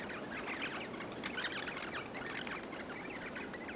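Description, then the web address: Crimson rosellas chirping, a steady chatter of many short high notes over a low background hiss. A group of crimson rosellas chirping. "bird crimson rosella group chirp"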